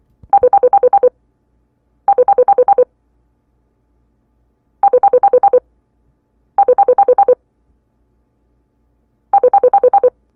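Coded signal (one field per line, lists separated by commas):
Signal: none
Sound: a phone's ringtone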